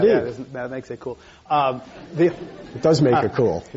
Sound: laughter

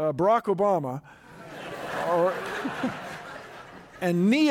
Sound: laughter

